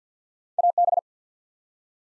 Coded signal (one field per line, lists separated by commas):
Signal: Morse code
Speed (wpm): 48 wpm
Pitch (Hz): 700 Hz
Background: none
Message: AB